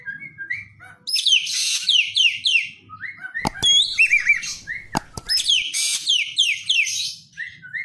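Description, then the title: Javan green magpie song: repeated bursts of fast, shrill, falling whistles mixed with lower rising whistled notes and a few sharp clicks. Bird described as singing vigorously (gacor). "Cissa Thalassina Gacor"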